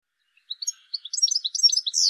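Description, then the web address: Bird calling, a quick series of high thin chirps starting sparse and becoming a rapid jumble, ending in a buzzy note, in otherwise silent background. "cianscape birddata"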